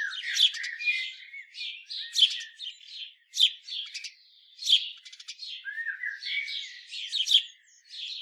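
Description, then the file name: House sparrow giving harsh, squawky chirps and short rattles in an uneven, continuous chatter, with several louder sharp notes. "Passer domesticus"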